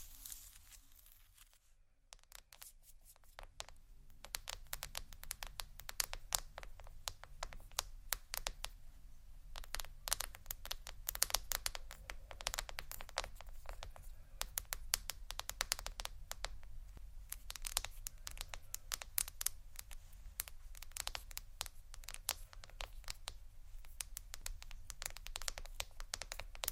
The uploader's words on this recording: Tiles Scratch & Tap (stone, seashell, glass, etc) (No Talking).